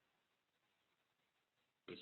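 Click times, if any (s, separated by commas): 1.9 s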